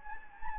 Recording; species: mosquito wingbeat signal from an infrared sensor; Anopheles gambiae